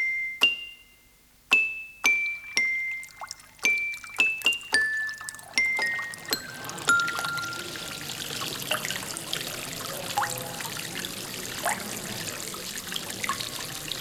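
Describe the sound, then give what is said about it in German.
Indoor decorative display fountains splash and trickle, including a white maiden with a splashing vase, a Roman cascade fountain and a stainless-steel frog with water rising from its open mouth. A run of bright, ringing pings at first gives way to a steady, even patter of running water that continues to the end. “Ich studierte gerade die ausgestellten Firmenmodelle, eine weiße Jungfrau mit plätschernder Vase, ein römischer Kaskadenbrunnen, ein Edelstahlfrosch, aus dessen offenem Maul Wasser aufstieg,”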